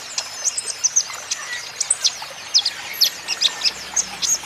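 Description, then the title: Van Hasselt's sunbird song of thin, high-pitched chips and brief sweeping notes. Green-phase ('ijoan') kolibri ninja (konin) singing persistently ('gacor'); used as a lure and therapy to make caged konin answer. "KOLIBRI NINJA KONIN IJOAN GACOR COCOK UNTUK PANCINGAN TERAPI KONIN BAHAN PASTI NYAUT"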